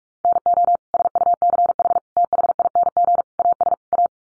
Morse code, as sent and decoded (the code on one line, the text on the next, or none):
-. --- / ... ..- -.-. .... / - .... .. -. --. / .- ... / .-
NO SUCH THING AS A